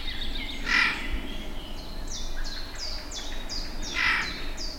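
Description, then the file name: Eurasian jay uttering two loud, hoarse screeches about three seconds apart, with a series of thin, falling whistles from another bird between them. "Garrulus glandarius"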